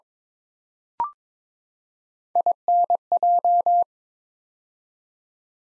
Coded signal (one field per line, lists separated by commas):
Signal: Morse code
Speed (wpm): 22 wpm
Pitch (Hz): 700 Hz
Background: none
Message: INJ